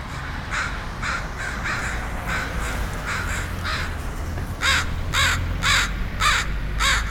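Crows cawing, harsh repeated caws roughly twice a second, growing louder and clearer toward the end, over a steady low rumbling background.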